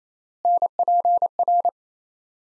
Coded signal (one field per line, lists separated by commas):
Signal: Morse code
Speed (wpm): 28 wpm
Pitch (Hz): 700 Hz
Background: none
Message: NPR